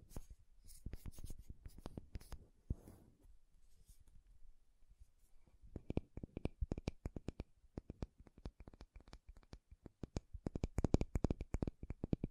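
Tapping and scratching on makeup items: quick, sharp taps with short scraping sounds, sparse and uneven for the first few seconds with a brief soft rustle near three seconds. From about six seconds the taps come faster and denser, growing louder toward the end.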